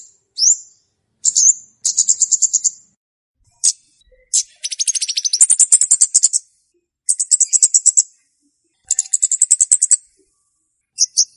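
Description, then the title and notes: Flowerpecker calls: thin high upslurs and quick runs of sharp ticking notes, repeated in bursts with brief gaps. Lure call used for trapping the bird. "Kicau Pancing Burung Kemade ( Cabe Cabean). Suara Burung Cabe Cabean Pikat"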